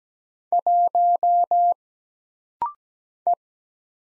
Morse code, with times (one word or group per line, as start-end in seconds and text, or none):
0.5-1.7 1
3.3-3.4 E